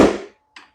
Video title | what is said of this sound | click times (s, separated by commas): I Need Your Help Building The Ultimate Service Cart | and they just click in place and you turn a little knob and they stay there | 0.6 s